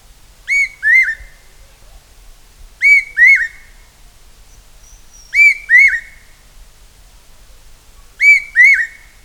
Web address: large hawk cuckoo call